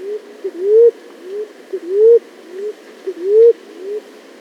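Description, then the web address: Maroon-chested ground dove cooing: a soft short note followed by a longer upslurred hoot, the pair repeated roughly every 1.3 seconds, low and mellow. Ecuador. "Birds of Ecuador. Maroon-Chested Ground Dove"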